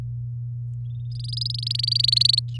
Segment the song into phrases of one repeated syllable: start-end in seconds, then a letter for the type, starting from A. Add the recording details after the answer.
1.11-2.40 A. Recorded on 6 May 2018 at 06:25. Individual llb16